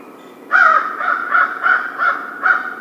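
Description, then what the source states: American crow cawing, a run of six harsh, nasal caws, each short and rasping. Recorded 1 February 2010.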